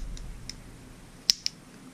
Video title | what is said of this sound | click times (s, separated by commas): A SALTWATER ANGLER'S E.D.C. PROBLEMS ''it's all junk'' | It snaps. Hear that? | 1.3 s, 1.5 s